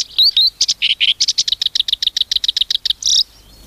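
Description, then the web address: Black-browed reed warbler song, a rapid burst of sharp, high chattering notes with a few quick upslurred whistles, repeated many times a second. "sikioto. koyoshikiri"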